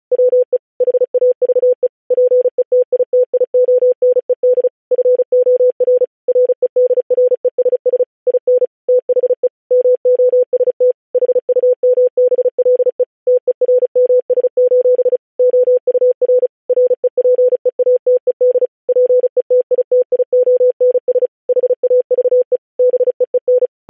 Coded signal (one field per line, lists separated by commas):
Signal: Morse code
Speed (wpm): 36 wpm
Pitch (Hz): 500 Hz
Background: none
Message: WE HAVE PETITIONED FOR REDRESS IN THE MOST HUMBLE TERMS: OUR REPEATED PETITIONS HAVE BEEN